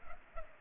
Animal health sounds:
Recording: mosquito wingbeat signal from an infrared sensor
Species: Culex pipiens

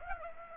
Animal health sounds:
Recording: mosquito wingbeat signal from an infrared sensor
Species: Aedes aegypti

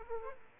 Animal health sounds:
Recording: mosquito wingbeat signal from an infrared sensor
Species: Aedes aegypti

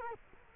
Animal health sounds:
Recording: mosquito wingbeat signal from an infrared sensor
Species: Culex quinquefasciatus

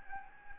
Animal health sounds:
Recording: mosquito wingbeat signal from an infrared sensor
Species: Anopheles gambiae

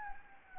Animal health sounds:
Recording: mosquito wingbeat signal from an infrared sensor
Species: Anopheles gambiae

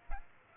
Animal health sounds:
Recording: mosquito wingbeat signal from an infrared sensor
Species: Aedes aegypti

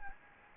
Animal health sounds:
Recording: mosquito wingbeat signal from an infrared sensor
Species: Anopheles gambiae

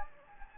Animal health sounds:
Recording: mosquito wingbeat signal from an infrared sensor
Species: Anopheles gambiae

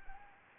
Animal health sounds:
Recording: mosquito wingbeat signal from an infrared sensor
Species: Anopheles arabiensis

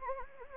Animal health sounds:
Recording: mosquito wingbeat signal from an infrared sensor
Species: Anopheles gambiae

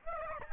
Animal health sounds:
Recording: mosquito wingbeat signal from an infrared sensor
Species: Aedes albopictus

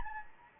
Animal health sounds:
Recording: mosquito wingbeat signal from an infrared sensor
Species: Anopheles gambiae

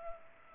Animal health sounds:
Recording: mosquito wingbeat signal from an infrared sensor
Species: Culex pipiens

